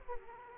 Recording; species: mosquito wingbeat signal from an infrared sensor; Aedes aegypti